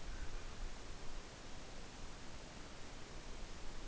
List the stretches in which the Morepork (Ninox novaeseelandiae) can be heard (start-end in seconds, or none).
none